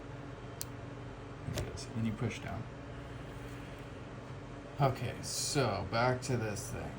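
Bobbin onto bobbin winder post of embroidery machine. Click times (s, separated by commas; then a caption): 0.6 s. A plastic bobbin is spun on the bobbin winder post of a Brother Skitch PP1 small embroidery machine until its notch lines up with the notch on the post. It clicks into place at 0.6 s, and the bobbin is seated. Someone talks over a steady background hum.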